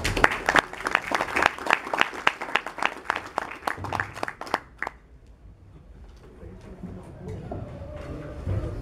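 Audience applause welcoming a professor about to speak at a debate talk, steady, crisp claps lasting about five seconds, then breaking off abruptly into a quiet stretch of low background noise.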